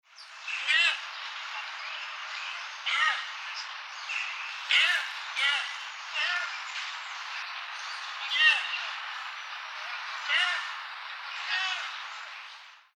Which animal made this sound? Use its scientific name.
Dama dama